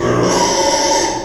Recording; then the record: squeal of a Yucatan mini pig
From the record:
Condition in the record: before surgery on the right vocal fold (resection and tissue-engineered implant); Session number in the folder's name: 1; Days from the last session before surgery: -3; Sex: male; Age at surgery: 12 weeks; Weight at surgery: 13 kg